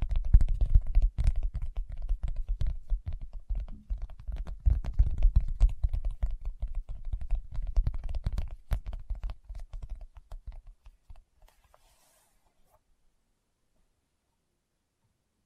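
Fingertips tap in quick, dense flurries of soft clicks with a dull, low thump beneath them. The tapping runs steadily for about nine seconds, then thins out and fades, with only scattered light taps before silence near the end.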